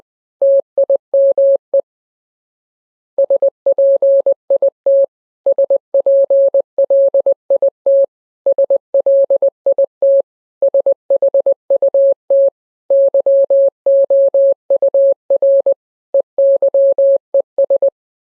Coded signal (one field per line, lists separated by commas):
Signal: Morse code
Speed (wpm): 20 wpm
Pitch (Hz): 550 Hz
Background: none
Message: TIME SPIT SPLIT SLIT SHUT YOUR EYES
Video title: Fun 2 Rhyme but with Morse code